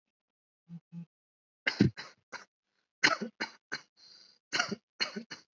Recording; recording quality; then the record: shallow voluntary cough; excellent, no background noise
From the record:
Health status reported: healthy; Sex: male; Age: 22 years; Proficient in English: yes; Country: India